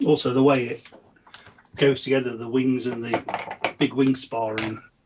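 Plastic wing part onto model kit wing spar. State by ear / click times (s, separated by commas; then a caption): not seated / none. Someone talks while handling a plastic wing part of a model kit, about to push it onto the big wing spar, with faint handling sounds under the speech. Nothing has seated or clicked yet.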